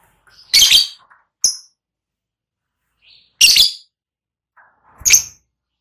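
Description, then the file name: Lovebird giving a few harsh high squawks and short chirps, irregularly spaced, with quiet gaps between. "suara burung lovebird ngekek"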